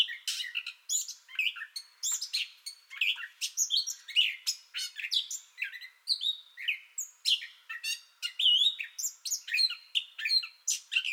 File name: 2021-05-30 Gray Catbird Song Bout Already Going